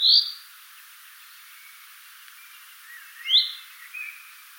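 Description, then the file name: Chaffinch giving two crisp, abrupt call notes about three seconds apart, with faint thin chirps from other birds in the background. "Fringilla coelebs"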